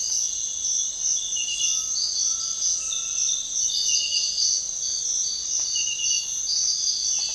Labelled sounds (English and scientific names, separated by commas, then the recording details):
Undulated Tinamou (Crypturellus undulatus)
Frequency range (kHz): Undulated Tinamou (Crypturellus undulatus) 0.9-1.9 kHz
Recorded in dense forest near Puerto Asís, Putumayo, Colombia, on 18 February 2024 at 06:00
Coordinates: 0.500, -76.322
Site G6465